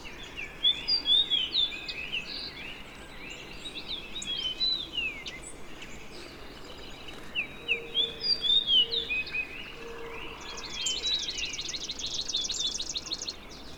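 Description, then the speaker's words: Fox sparrow song: bright whistled phrases of sliding notes in several bursts, with a dry rapid trill from another bird near the end and steady background hiss. Migrating bird singing its musical song in a shrubby patch at dawn. "I approach a shrubby patch, and to my utter amazement, there's a migrating fox sparrow singing its musical song."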